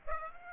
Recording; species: mosquito wingbeat signal from an infrared sensor; Aedes aegypti